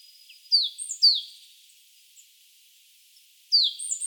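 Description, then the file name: Great tit calls: a pair of quick, falling, whistled notes, silence for about two seconds, then one more descending note. The background is quiet. "Parus major"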